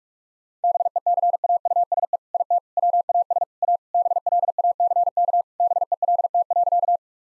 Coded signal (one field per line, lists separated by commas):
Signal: Morse code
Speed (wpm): 46 wpm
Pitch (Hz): 700 Hz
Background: none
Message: BECAUSE IT WAS A BLACK BELT.